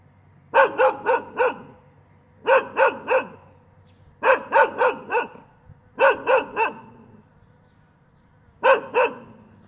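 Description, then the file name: Dog barking in five quick bursts of three or four sharp barks, with short pauses between. Dog barking sound used as a ringtone. "tieng Cho sua"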